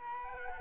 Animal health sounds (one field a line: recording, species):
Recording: mosquito wingbeat signal from an infrared sensor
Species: Aedes albopictus